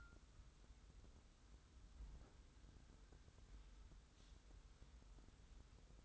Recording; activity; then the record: daily activity, microphone in the room; wipe stove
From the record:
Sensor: 3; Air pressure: 990.4 hPa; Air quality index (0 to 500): 180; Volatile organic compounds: 1000 ppm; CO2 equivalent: 5845 ppm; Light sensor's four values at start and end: 46/110/45/43 and 46/110/45/43